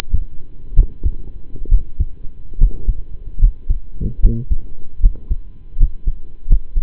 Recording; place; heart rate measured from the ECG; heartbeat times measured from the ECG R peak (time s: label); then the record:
heart sounds by stethoscope; between the tricuspid and mitral areas; 73 bpm
0.74 s: heartbeat
1.68 s: heartbeat
2.57 s: heartbeat
3.38 s: heartbeat
4.19 s: heartbeat
5.00 s: heartbeat
5.76 s: heartbeat
6.46 s: heartbeat
From the record:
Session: rest, lying down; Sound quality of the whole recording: partially saturated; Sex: male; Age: 25 years